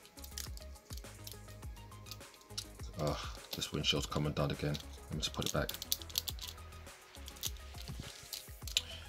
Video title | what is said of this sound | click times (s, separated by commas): Fans Toys FT-53 Parkour [Cliffjumper]: Rock FX Review | no worries it's up there that's clicks | 8.8 s